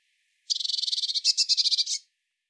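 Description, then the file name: Eurasian blue tit producing one dry buzzy churr lasting about a second and a half, a rapid rattle of high notes that swells slightly toward the end. "Cyanistes caeruleus"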